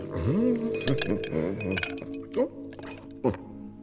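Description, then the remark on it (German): Three small ice cubes drop into a glass of water with a few sharp, bright clinks spaced over several seconds, while a voice speaks underneath. “Ihr habt gefrorenes Wasser aus der Kukulle gezogen. 3 kleine Quader.”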